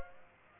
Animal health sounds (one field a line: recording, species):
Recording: mosquito wingbeat signal from an infrared sensor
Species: Aedes aegypti